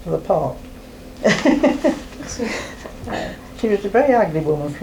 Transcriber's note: laughs